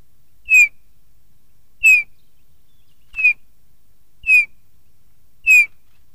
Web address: Oiseaux Bouvreuil